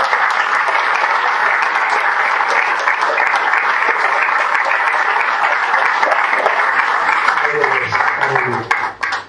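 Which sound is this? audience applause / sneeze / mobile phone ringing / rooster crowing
audience applause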